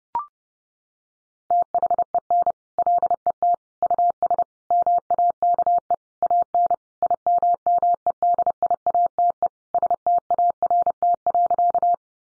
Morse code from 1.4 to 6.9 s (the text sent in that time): THEN LET US MAKE AN